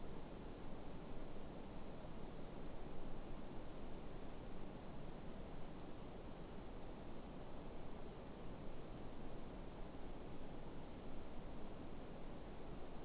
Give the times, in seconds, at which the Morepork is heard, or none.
none